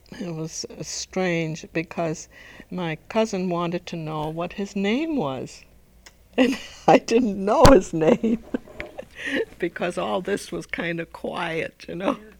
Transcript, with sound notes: it was strange because my cousin wanted to know what his name was. (She laughs.) I didn't know his name because all this was kind of quiet, you know.